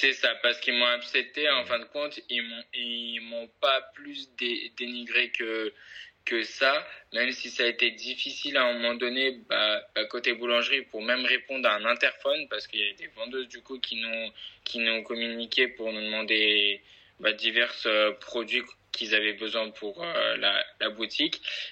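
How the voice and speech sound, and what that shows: Adult man speaking French with stuttering: repeated words and syllables, prolonged sounds and filled pauses break the flow of speech. Stuttering is a fluency disorder affecting how speech is produced, its flow and rhythm. He is a young artisan baker and pastry chef whose stuttering worsens when tired, and who has worked on it with speech therapy and theatre.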